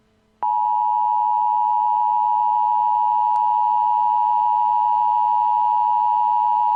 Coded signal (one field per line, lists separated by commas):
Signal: Emergency Alert System (SAME) tones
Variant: 853 and 960 Hz attention tone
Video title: [EAS Mock] The Z Virus - Atlanta: The Beginning